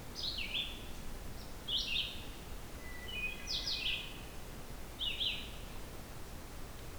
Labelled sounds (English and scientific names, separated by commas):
Red-eyed Vireo (Vireo olivaceus) song